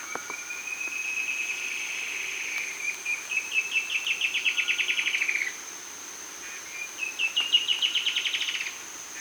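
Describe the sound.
Bird song: a drawn-out note leading into a fast trill, then a second shorter trill after a pause, over a hissing background.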